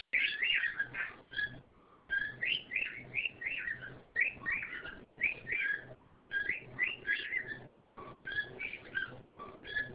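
Bird song: continuous rapid twittering and warbling phrases, each lasting about a second or two, with short pauses between.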